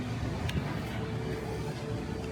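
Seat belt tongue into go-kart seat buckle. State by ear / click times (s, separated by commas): not seated / none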